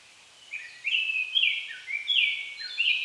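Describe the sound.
Bird calls: a run of drawn-out, slightly wavering whistled notes at mid-high pitch, overlapping and continuing steadily throughout against light hiss.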